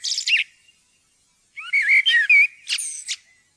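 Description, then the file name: Common blackbird song: a high twittering burst, a pause, then a mellow fluted warble ending in squeaky, scratchy high notes. "svarttrost"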